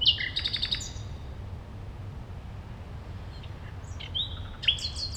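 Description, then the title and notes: Common nightingale song: a rapid series of repeated high notes, a long pause of low rumble, then sharp rising whistles and another quick burst near the end. Singing at a playground on Gartenstraße in the Mitte district of Berlin, Germany. "nachtigall in der gartenstraße. Mitte, Berlin, Germany. eine nachtigall am spielplatz gartenstraße"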